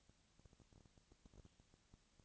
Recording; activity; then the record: daily activity, microphone in the room; no activity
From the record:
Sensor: 3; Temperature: 20.4 degrees Celsius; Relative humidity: 34.4%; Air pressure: 997.0 hPa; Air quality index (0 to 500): 205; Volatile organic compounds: 68 ppm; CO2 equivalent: 3503 ppm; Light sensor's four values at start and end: 2/3/2/2 and 2/3/2/2